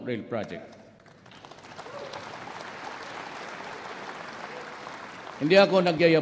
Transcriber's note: applause